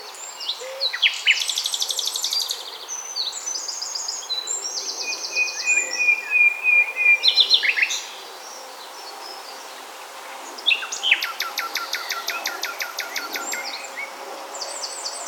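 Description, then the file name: Common nightingale song with varied phrases of rapid buzzy trills, sharp clicks and pure whistles, broken by a pause of a few seconds before a fast rattling burst. "Luscinia megarhynchos"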